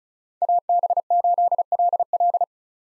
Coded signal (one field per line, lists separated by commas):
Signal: Morse code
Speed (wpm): 34 wpm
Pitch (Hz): 700 Hz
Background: none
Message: AB8LL